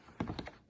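A tool is wedged in to pry a plastic fender retaining clip off its mount on the fender of a RZR Pro XP-4 side-by-side off-road vehicle. Sharp clicks ring out at 0.2, 0.4 and 0.5 seconds, with a softer knock around 0.3 seconds, as the clip lets go. The clip is released, freeing the end of the fender.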